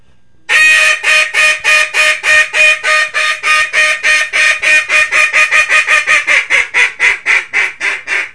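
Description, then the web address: Mallard giving a long series of loud, nasal quacks after a brief silent start. "Duck Mallard"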